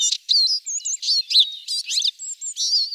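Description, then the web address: Eurasian siskin twittering: a fast, high run of varied chirps, short trills and wheezy whistled notes, separated by brief gaps. "Carduelis spinus"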